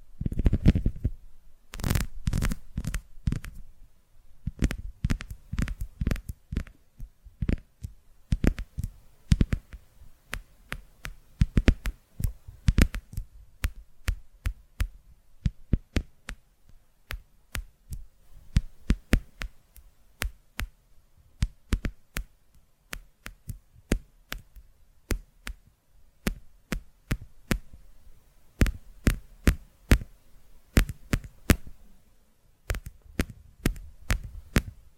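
Tapping sounds, sharp dry clicks coming in quick, irregular bursts across the whole clip, some clustered into rapid runs and others spaced apart. Several stronger taps carry a soft low thump beneath the click. Short quiet gaps fall between groups.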